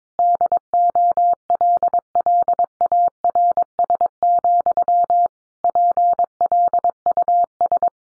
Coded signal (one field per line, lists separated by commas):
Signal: Morse code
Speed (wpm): 22 wpm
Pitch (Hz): 700 Hz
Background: none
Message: DOLLARS, PLUS